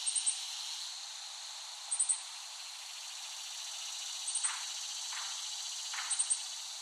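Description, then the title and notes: Cicada chorus buzzing continuously, with quick triple high chirps returning about every two seconds and a few soft lower pulses near the end. Cicadas, West Brighton, Staten Island, late summer 2008. "Dronecast. The Cicadas of Summer. Recording of cicadas made by Dan Bodah in West Brighton, Staten Island, late summer 2008"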